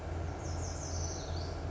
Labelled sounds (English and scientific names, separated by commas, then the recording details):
Lazuli Bunting (Passerina amoena)
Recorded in Sonoma County, California